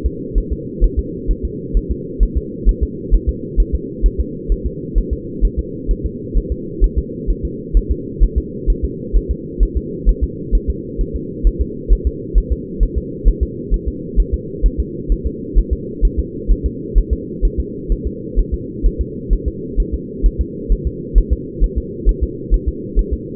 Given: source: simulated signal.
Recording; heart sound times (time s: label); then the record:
fetal heart sounds
0.06 s: S2
0.38 s: S1
0.52 s: S2
0.84 s: S1
0.99 s: S2
1.31 s: S1
1.45 s: S2
1.77 s: S1
1.91 s: S2
2.23 s: S1
2.38 s: S2
2.69 s: S1
2.83 s: S2
3.14 s: S1
3.29 s: S2
3.60 s: S1
3.75 s: S2
4.06 s: S1
4.20 s: S2
4.52 s: S1
4.66 s: S2
4.98 s: S1
5.13 s: S2
5.45 s: S1
5.59 s: S2
5.91 s: S1
6.06 s: S2
6.38 s: S1
6.52 s: S2
6.84 s: S1
6.99 s: S2
7.30 s: S1
7.45 s: S2
7.77 s: S1
7.91 s: S2
8.24 s: S1
8.38 s: S2
8.70 s: S1
8.85 s: S2
9.16 s: S1
9.31 s: S2
9.63 s: S1
9.77 s: S2
10.09 s: S1
10.24 s: S2
10.55 s: S1
10.70 s: S2
11.01 s: S1
11.16 s: S2
11.47 s: S1
11.62 s: S2
11.93 s: S1
12.07 s: S2
12.38 s: S1
12.52 s: S2
12.83 s: S1
12.98 s: S2
13.28 s: S1
13.43 s: S2
13.74 s: S1
13.88 s: S2
14.20 s: S1
14.34 s: S2
14.66 s: S1
14.80 s: S2
15.12 s: S1
15.27 s: S2
15.58 s: S1
15.73 s: S2
16.05 s: S1
16.19 s: S2
16.51 s: S1
16.66 s: S2
16.98 s: S1
17.13 s: S2
17.45 s: S1
17.60 s: S2
17.92 s: S1
18.07 s: S2
18.39 s: S1
18.54 s: S2
18.86 s: S1
19.01 s: S2
19.33 s: S1
19.48 s: S2
19.80 s: S1
19.94 s: S2
20.26 s: S1
20.41 s: S2
20.72 s: S1
20.87 s: S2
21.18 s: S1
21.33 s: S2
21.64 s: S1
21.78 s: S2
22.09 s: S1
22.23 s: S2
22.54 s: S1
22.69 s: S2
22.99 s: S1
23.13 s: S2
From the record:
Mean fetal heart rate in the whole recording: 130 bpm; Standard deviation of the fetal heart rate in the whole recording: 2 bpm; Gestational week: 36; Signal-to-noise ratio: -4.1 dB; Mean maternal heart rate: no maternal heart sound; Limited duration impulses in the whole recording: absent